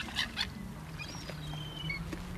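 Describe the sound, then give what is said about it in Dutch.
A young, brownish herring gull gives thin, high, drawn-out whining begging calls, several thin wavering notes in a row, over a steady low drone, with a couple of soft bursts at the start. “En dat hoge geluid, dat is een van de jongere vogels die daar een beetje bedelend roept.”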